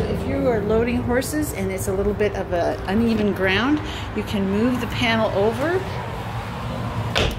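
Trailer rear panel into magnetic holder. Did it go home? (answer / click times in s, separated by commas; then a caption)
yes / 7.2 s. Someone talks while the rear divider panel of a silver metallic 2023 Portax LK horse trailer is swung open for loading horses on uneven ground. At 7.2 s it snaps onto a large magnetic panel holder with a sharp click and seats in place, held open so it doesn't swing during loading.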